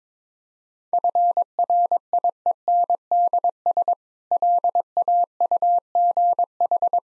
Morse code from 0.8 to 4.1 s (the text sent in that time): FRIENDS